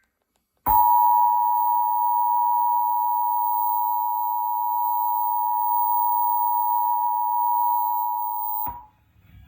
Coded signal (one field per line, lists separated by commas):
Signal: Emergency Alert System (SAME) tones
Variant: 853 and 960 Hz attention tone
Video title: Child Abduction Emergency EAS (IPAWSCAP) (Cox) - 11/11/24 (Veterans Day)